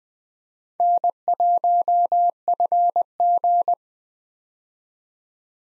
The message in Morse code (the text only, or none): N1FG